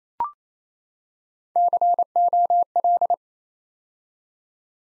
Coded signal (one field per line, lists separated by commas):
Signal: Morse code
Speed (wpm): 28 wpm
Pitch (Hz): 700 Hz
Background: none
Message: COL